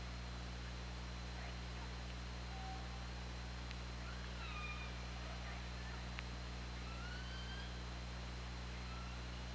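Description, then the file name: Orca calls, faint scattered whistle-like sweeps, some rising and some falling, with occasional clicks over a continuous low drone. Recorded on the OrcaLab hydrophone on 24 August 2017 at 20:47. "Orca Lab UTLN 20170824 204759"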